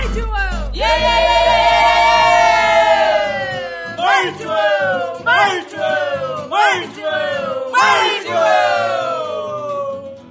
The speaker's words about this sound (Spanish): Diez veces venceremos. Ese es el grito de la comunidad mapuche de Neuquén.